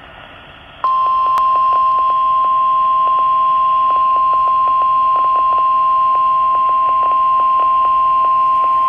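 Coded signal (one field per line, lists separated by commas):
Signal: Emergency Alert System (SAME) tones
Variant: 1050 Hz attention tone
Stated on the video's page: NOAA Weather Radio Tornado Watch received on a Motorola APX-8000 radio while storm chasing.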